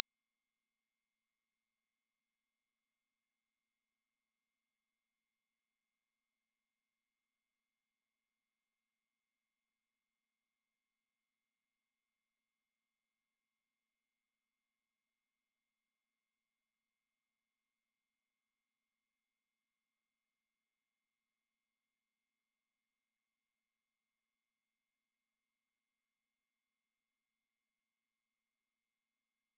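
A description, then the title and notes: A pure sine tone at 5769 Hz sounds without a break for the full thirty seconds, a thin, bright, high whistle. Pitch and loudness stay perfectly level throughout, with no other sounds beneath it. 5769 Hz 1 Hz Interval Sine Pure Tone Frequency 441000 Sample Mono.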